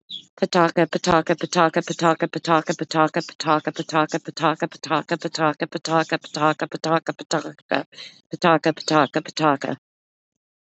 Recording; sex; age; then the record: repeated syllables /pa ta ka/; female; 50 to 59 years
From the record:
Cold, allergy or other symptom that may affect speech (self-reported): no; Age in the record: 51 years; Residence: United States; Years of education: 12